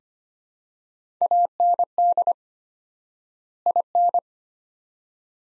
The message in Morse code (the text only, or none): AND IN